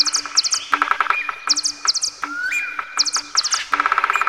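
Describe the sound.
Bird chirps: clusters of three or four very high, sharp notes, mostly in pairs, with lower chattering notes and a faint steady tone underneath.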